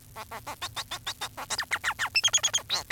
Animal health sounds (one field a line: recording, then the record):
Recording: song of a male Bengalese finch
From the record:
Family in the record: son of father 4